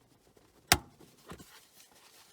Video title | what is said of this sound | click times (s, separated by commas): Noisefighters Heatsync - Installation on Howard Leight Impact Sport and similar headsets | all you need to do is press it back in place you'll hear a snap sound | 0.7 s